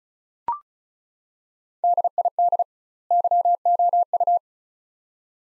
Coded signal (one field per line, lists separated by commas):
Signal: Morse code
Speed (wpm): 36 wpm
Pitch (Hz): 700 Hz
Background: none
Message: DID YOU